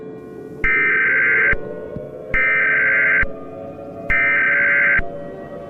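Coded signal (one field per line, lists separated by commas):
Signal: Emergency Alert System (SAME) tones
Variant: header bursts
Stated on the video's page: Fictional EAS scenario whose tones may be valid.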